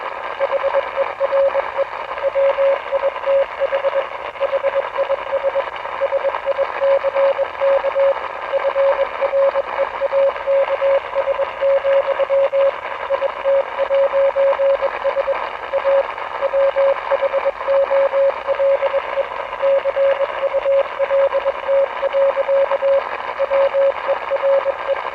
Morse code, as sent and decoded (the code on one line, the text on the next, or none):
.... . .-. . / .-- .. - .... / .... .. ... / ... .. -.-. -.- / ..-. .-. . .- -.- ... --..-- / .. - .----. ... / .- / .-- .... --- .-.. . / -.-. ..- .-.. - .-.-.- / .-- . .-. .
HERE WITH HIS SICK FREAKS, IT'S A WHOLE CULT. WERE